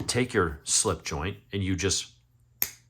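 Someone talks, then the steel blade of a slip joint folding knife is let go and closes on its backspring into the handle. It snaps shut with one sharp click at 2.6 s, a good "walk and talk" snap.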